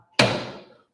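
The top plate of a HappyPress 4 heat press is closed and latches into the press base, giving one sharp click at 0.2 s that rings briefly and fades over about half a second. The lid clicks into place and is seated.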